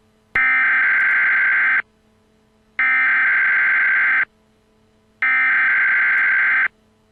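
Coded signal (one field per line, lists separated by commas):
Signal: Emergency Alert System (SAME) tones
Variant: header bursts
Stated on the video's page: EAS alerts and tests spanning 2005 to 2025, including weekly and monthly tests, national EAS tests, and tornado and severe thunderstorm warnings and watches.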